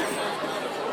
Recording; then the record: coughing mixed with background sound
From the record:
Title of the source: 31 night wet cough